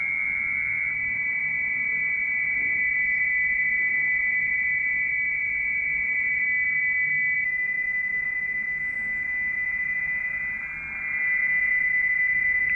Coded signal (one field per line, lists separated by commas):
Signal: PSK31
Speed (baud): 31.25 baud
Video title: Android Mobile Phone Apps for the Radio Amateur